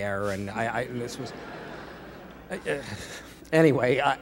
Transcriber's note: laughter